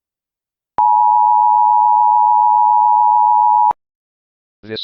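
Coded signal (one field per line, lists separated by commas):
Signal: Emergency Alert System (SAME) tones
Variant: 853 and 960 Hz attention tone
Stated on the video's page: Fictional EAS scenario alert, recorded in a game made for the recording.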